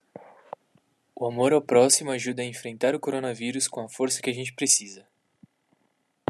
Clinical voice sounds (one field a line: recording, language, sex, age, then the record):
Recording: spoken sentence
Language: Brazilian Portuguese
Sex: male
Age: 20 to 29 years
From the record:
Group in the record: control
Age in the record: 24 years